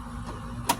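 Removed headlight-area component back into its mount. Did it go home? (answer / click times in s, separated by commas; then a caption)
yes / 0.7 s. A removed headlight-area component is lined back up the way it came off and pushed home into its mount, with a low steady hum underneath. A single sharp, bright click sounds at 0.7 s as the part seats right in.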